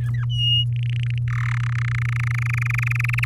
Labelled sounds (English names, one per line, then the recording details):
Domestic Canary song
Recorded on 10 May 2018 at 05:32
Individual llb16